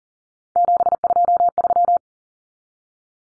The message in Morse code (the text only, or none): 723